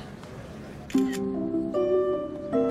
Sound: soundbite of camera shutter

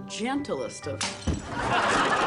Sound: soundbite of glass breaking

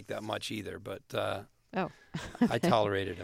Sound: laughter

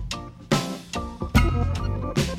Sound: soundbite of laughter

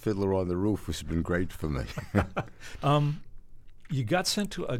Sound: laughter

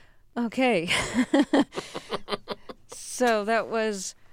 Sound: soundbite of laughter

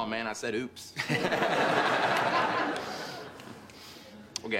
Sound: laughter

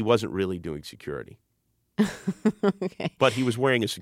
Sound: laughter

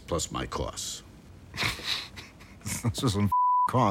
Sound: soundbite of laughter

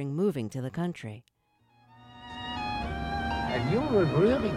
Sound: Soundbite of The Thing About My Folks

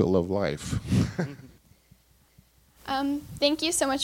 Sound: soundbite of laughter

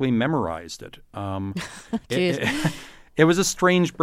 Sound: soundbite of laughter

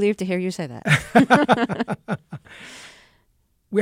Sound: laughter

